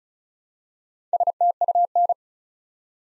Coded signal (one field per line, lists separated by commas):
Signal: Morse code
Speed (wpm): 36 wpm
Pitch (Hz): 700 Hz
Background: none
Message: STUN